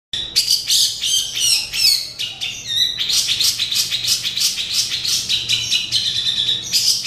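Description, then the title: Oriental magpie-robin song, loud rapid chattering and whistled notes repeated in quick succession. "Kicau Kacer"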